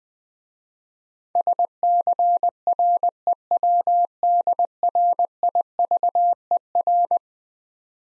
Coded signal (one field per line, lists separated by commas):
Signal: Morse code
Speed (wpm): 20 wpm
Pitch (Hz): 700 Hz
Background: none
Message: SCREWDRIVER